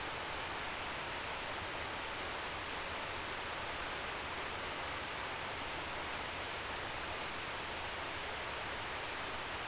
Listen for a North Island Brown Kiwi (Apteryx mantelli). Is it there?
no